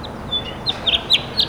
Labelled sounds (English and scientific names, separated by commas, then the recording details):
House Finch (Haemorhous mexicanus) song
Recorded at East Quogue on Long Island, New York, on 29 May 2013
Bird A